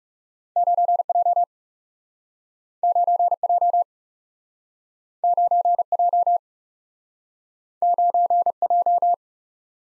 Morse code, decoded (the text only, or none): 9 J 9 J 9 J 9 J